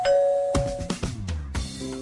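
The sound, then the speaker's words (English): A Ring Video Doorbell rings with a clear, sustained high chime tone, followed by a cluster of lower, ringing tones and a busier jumble of sound as it fades. No one speaks. “Let Ring Video Doorbell be your hero.”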